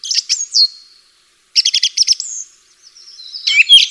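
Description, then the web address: Bird song in high bursts: sharp chirps, a run of rapid even notes, then a thin trailing whistle and a dense twittering phrase near the end. "atelierson sons birds"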